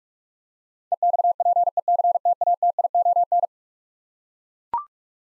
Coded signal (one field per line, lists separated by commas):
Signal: Morse code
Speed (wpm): 42 wpm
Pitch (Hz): 700 Hz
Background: none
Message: EXPECTATION